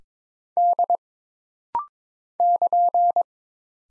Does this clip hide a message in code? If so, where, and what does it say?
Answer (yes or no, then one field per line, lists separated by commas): yes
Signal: Morse code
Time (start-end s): 0.6-3.2 s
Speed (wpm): 22 wpm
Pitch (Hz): 700 Hz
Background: none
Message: D <KN>